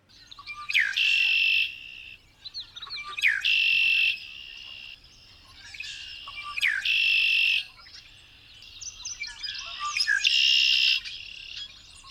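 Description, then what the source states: Red-winged Blackbird song, a harsh buzzy trill after a short note, repeated four times. Song, played as the show's mystery sound; said to be remarkably easy to identify by its song.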